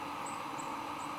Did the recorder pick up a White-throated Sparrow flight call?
no